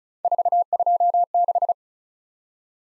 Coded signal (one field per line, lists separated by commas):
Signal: Morse code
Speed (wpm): 36 wpm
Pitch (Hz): 700 Hz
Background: none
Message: 426